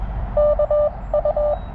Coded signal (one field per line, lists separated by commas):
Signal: Morse code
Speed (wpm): 22 wpm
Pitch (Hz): 600 Hz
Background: none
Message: KU